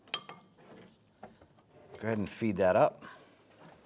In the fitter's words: you're going to feel in here it snap into place and then press down on the red lock tab